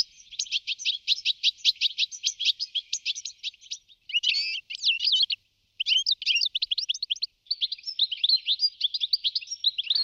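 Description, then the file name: European goldfinch song: fast, tinkling twitters and buzzy trills in quick bursts with brief gaps, liquid and jangling throughout. "shegol"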